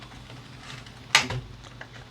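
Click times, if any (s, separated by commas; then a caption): 1.1 s. A plastic front drive part is pressed onto a Revell Visible V-8 model engine and left unglued so it can be fixed if it ever comes loose. It snaps into place with a sharp click at 1.2 s, followed by a softer rattle just after. The part is seated.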